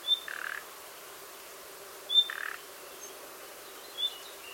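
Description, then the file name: Common nightingale calls: a thin high whistle, each followed by a short buzzy rasp, repeated twice, then a lone whistle, with faint hiss. "Luscinia megarhynchos"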